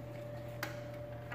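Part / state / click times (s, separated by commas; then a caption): module wiring harness connector into factory engine harness connector / not seated / none. A plastic wiring harness connector from an Ag Diesel Solutions 21700/61700/61720 add-on module is lined up and pushed toward the factory engine harness connector on a 2017–2024 GM L5P Duramax diesel engine. Two brief, sharp handling knocks occur at about 0.6 s and 1.4 s over a steady low hum and a faint constant tone. The connector has not snapped home or seated yet.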